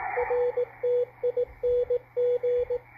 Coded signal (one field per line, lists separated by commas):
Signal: Morse code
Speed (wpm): 18 wpm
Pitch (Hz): 490 Hz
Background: radio noise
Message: RTING